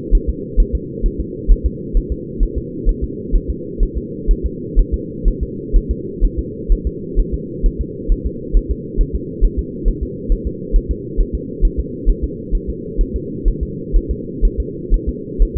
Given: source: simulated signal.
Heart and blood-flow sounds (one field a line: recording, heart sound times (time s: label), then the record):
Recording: fetal heart sounds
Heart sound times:
0.15 s: S1
0.30 s: S2
0.60 s: S1
0.75 s: S2
1.06 s: S1
1.21 s: S2
1.52 s: S1
1.66 s: S2
1.97 s: S1
2.12 s: S2
2.43 s: S1
2.58 s: S2
2.89 s: S1
3.04 s: S2
3.36 s: S1
3.50 s: S2
3.83 s: S1
3.98 s: S2
4.31 s: S1
4.46 s: S2
4.79 s: S1
4.94 s: S2
5.28 s: S1
5.43 s: S2
5.76 s: S1
5.91 s: S2
6.25 s: S1
6.39 s: S2
6.72 s: S1
6.87 s: S2
7.20 s: S1
7.34 s: S2
7.66 s: S1
7.81 s: S2
8.12 s: S1
8.27 s: S2
8.57 s: S1
8.71 s: S2
9.01 s: S1
9.16 s: S2
9.45 s: S1
9.59 s: S2
9.88 s: S1
10.03 s: S2
10.32 s: S1
10.47 s: S2
10.76 s: S1
10.91 s: S2
11.21 s: S1
11.35 s: S2
11.65 s: S1
11.80 s: S2
12.10 s: S1
12.24 s: S2
12.55 s: S1
12.70 s: S2
13.01 s: S1
13.16 s: S2
13.48 s: S1
13.63 s: S2
13.97 s: S1
14.11 s: S2
14.45 s: S1
14.60 s: S2
14.94 s: S1
15.09 s: S2
15.43 s: S1
15.57 s: S2
From the record:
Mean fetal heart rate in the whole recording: 130 bpm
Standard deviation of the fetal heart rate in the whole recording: 4 bpm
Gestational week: 38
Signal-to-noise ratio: -4.1 dB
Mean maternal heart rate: no maternal heart sound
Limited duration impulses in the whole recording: absent